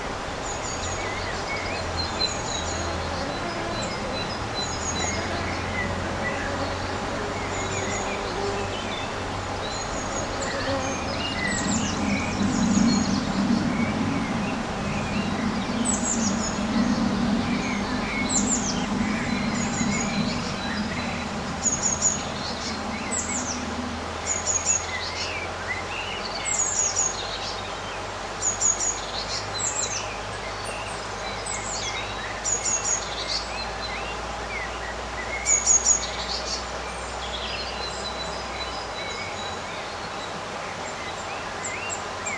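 Birds sing in a summer garden, their bright chirps and short whistles repeating through the whole clip over a steady background hum. A low rumble rises from about 11 to 24 seconds, and a faint low drone continues until near the end.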